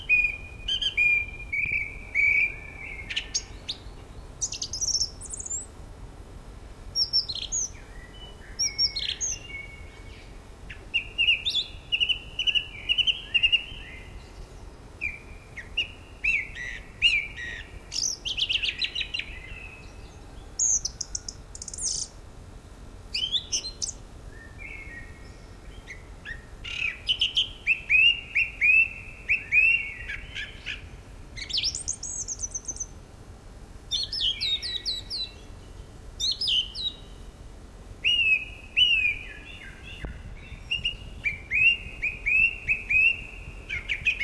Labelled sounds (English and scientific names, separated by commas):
Song Thrush (Turdus philomelos) song